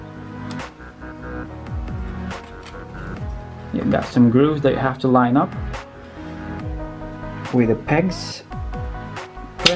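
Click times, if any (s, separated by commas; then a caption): 9.7 s. A sat nav mount bracket is joined to its windscreen suction mount by lining its grooves up with the pegs and pushing the two parts together, over background music while someone talks. A sharp click at 9.7 s shows the mount is seated and secure.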